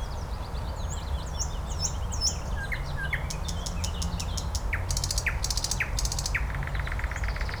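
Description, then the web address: Nightingale song of varied phrases: fluty slurred notes, rapid dry rattles and sharp downward strokes, against a steady low hum. "slowik spiew slowika"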